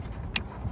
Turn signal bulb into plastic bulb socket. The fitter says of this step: push it in. You'll hear it click and you will know that it is in correctly.